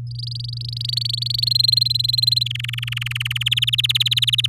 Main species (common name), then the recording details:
Domestic Canary. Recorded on 8 May 2018 at 06:21. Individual llb16